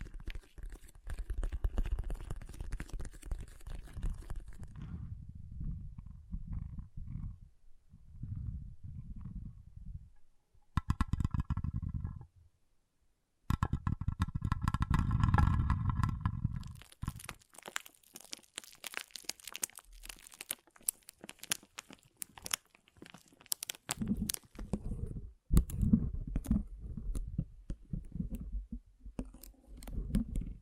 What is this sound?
Soothing & Deep Water Beads Sounds